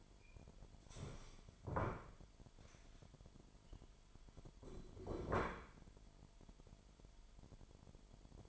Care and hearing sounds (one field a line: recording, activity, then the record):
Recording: daily activity, microphone in the room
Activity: stand up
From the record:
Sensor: 5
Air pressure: 998.7 hPa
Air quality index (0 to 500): 94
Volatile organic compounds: 2 ppm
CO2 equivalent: 1082 ppm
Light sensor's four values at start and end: 29/72/30/33 and 29/72/30/33